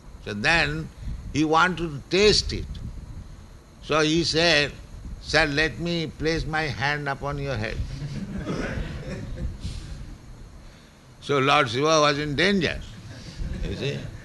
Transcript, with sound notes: So then he wanted to test it. So he said, "Sir, let me place my hand upon your head." [laughter] So Lord Śiva was in danger. You see?